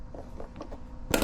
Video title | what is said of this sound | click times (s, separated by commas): How to Powercycle the Naxeon I AM PRO | pull on it and it releases the seat. You heard the click and the seat is now released. | 1.1 s